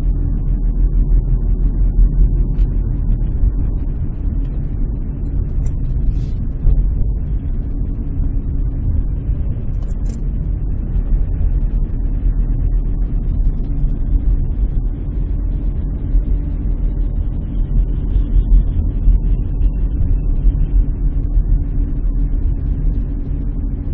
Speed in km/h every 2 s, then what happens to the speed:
33, 31, 30, 29, 27, 29, 30, 31, 32, 31, 30, 29.
0-8 slows to 27. 8-24 steady at about 30.